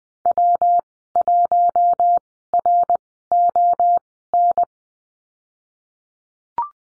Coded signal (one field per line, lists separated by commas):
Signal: Morse code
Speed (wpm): 20 wpm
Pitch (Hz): 700 Hz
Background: none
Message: W1RON